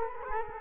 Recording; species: mosquito wingbeat signal from an infrared sensor; Culex quinquefasciatus